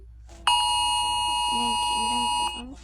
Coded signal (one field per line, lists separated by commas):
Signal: Emergency Alert System (SAME) tones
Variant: 853 and 960 Hz attention tone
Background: speech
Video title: REACTING to EAS ALARMS AROUND the WORLD..